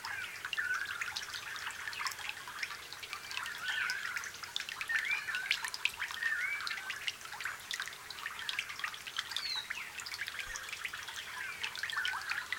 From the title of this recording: Forest after rain